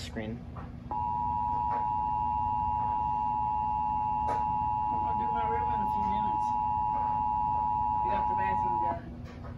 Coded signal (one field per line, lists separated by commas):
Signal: Emergency Alert System (SAME) tones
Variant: 853 and 960 Hz attention tone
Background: speech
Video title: (Rare Screen) COVID-19 Civil Emergency Message (EAS #60)